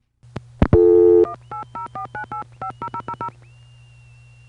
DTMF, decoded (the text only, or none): 18049850000